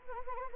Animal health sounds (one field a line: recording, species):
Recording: mosquito wingbeat signal from an infrared sensor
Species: Anopheles arabiensis